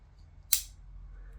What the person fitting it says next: so I think just beautiful the way that snaps open locks into place and so really pleased with how that turned out